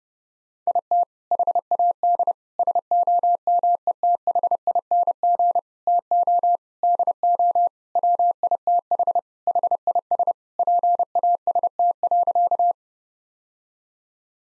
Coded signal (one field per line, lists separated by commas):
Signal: Morse code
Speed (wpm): 30 wpm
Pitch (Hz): 700 Hz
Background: none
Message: IT HAD SOMETHING TO DO WITH HIS PAST.